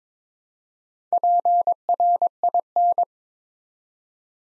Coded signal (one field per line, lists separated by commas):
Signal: Morse code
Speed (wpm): 22 wpm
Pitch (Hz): 700 Hz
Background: none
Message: PRIN